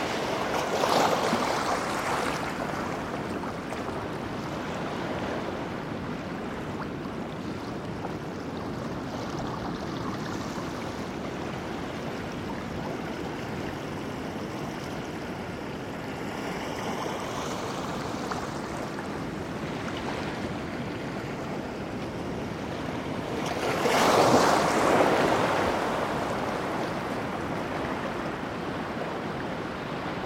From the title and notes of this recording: Recorded August 25th, 2022 at Cape Disappointment on the Pacific Coast in Washington.